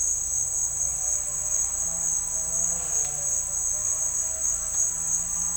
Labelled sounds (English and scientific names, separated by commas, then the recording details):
none
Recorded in dense forest near Puerto Asís, Putumayo, Colombia, on 18 December 2024 at 10:30
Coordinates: 0.481, -76.323
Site G100